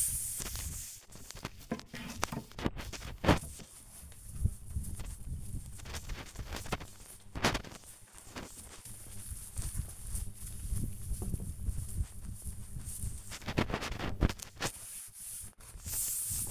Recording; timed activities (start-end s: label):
household activities, microphone on the right wrist
0.00-16.51 s: cleaning shelf